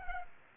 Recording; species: mosquito wingbeat signal from an infrared sensor; Culex pipiens